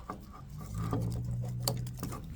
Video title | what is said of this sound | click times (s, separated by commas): Headlights Upgrades Episode 1 | Snaps right in. | 1.7 s